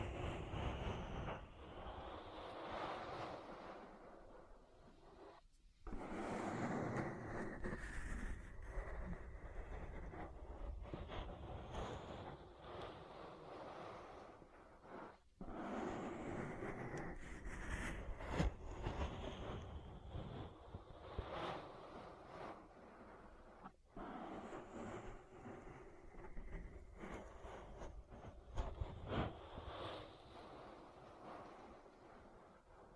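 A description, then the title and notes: Ear massage sounds: a dense, continuous rubbing and rumbling with a heavy low end and scratchy brighter textures layered on top. The rubbing swells and shifts constantly, breaking off into brief silences around 6, 15 and 24 seconds before resuming. ASMR Relaxing Ear Massage. (No Talking).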